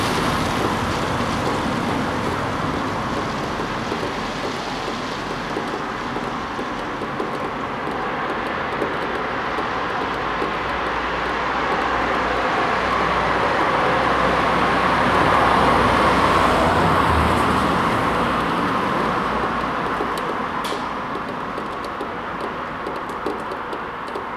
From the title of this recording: drainpipes, cars, North Shields fish quay